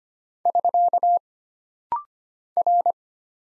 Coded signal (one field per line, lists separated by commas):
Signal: Morse code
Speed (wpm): 25 wpm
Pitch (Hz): 700 Hz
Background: none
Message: <SK> R